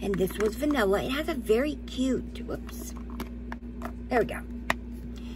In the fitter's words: it clicks in place